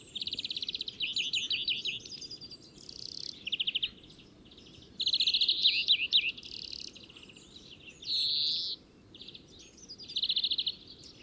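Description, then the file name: European greenfinch song, bursts of fast dry trills and a drawn-out nasal wheeze, phrases separated by brief pauses. "Chloris chloris"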